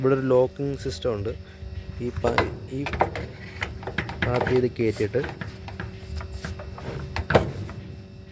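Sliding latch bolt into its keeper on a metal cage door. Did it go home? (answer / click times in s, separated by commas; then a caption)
yes / 7.2 s, 7.3 s. Someone talks while sliding the latch bolt into its keeper on a metal chicken-cage door, pushing it in and turning it so the door locks. Earlier light metallic knocks and rattles occur around 3.6–4.1 s and 5.7–6.5 s. Two sharp metallic hits at 7.2 s and 7.3 s mark the bolt seating and the door being locked.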